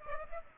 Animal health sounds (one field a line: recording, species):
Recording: mosquito wingbeat signal from an infrared sensor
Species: Aedes aegypti